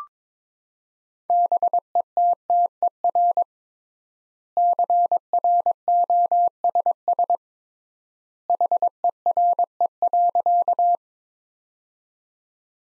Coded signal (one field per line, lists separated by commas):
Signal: Morse code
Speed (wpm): 22 wpm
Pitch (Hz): 700 Hz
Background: none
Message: BETTER CROSS HERE.